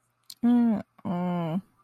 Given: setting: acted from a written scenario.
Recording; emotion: vocal sound without words; sympathy